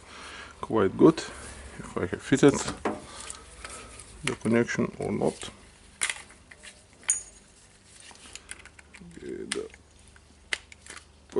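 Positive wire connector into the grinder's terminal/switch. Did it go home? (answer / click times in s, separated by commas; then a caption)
yes / 9.5 s, 10.5 s. Inside a Makita 18V cordless angle grinder (BGA452/DGA452) during an armature replacement repair, the positive red wire connector is pushed onto its terminal at the switch amid handling rattles while someone talks. Sharp, short clicks at 9.5 s and 10.5 s mark the positive connector locking in place.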